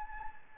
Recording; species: mosquito wingbeat signal from an infrared sensor; Anopheles gambiae